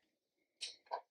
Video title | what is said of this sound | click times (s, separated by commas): Rolling Shower Chair Review and Setup - ShowerBuddy SB7e | until you hear it click. Okay? | 0.9 s